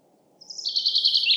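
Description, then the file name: Common chaffinch song opening, a fast even trill of high bright notes starting abruptly and building in loudness until it cuts off. "Fringilla coelebs"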